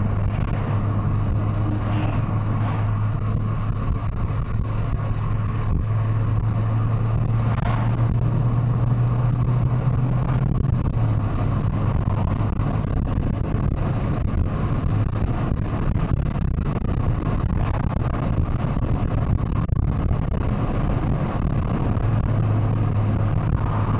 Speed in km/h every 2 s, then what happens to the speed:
96, 98, 98, 104, 112, 117, 121, 120, 122, 123, 126, 119.
0-12 speeds up to 121. 12-20 steady at about 122. 20-24 slows to 119.